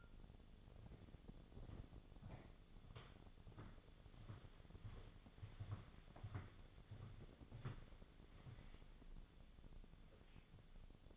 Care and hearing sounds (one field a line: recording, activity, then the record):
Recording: daily activity, microphone in the room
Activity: walk to room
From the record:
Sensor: 4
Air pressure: 1000.8 hPa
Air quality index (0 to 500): 122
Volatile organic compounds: 1 ppm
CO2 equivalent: 923 ppm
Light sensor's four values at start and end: 59/146/62/68 and 57/141/60/66